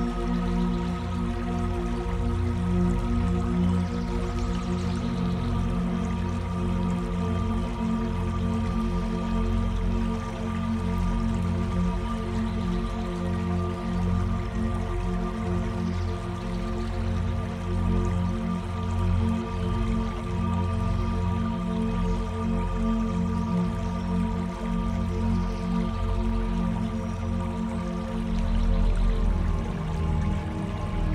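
Soft flowing water with faint dripping, layered under a steady bed of sustained, humming tones that hold unchanged for the whole stretch. The sound is dense and even, weighted toward a deep low rumble, with no distinct events standing out.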